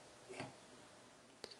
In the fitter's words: faut alors un peu plus fort c'est pour réussir à le mettre et alors on entendu le clac alors